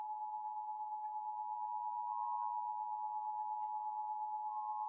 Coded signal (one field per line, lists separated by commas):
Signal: Emergency Alert System (SAME) tones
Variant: 853 and 960 Hz attention tone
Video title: Required Monthly Tests (EAS #113-116)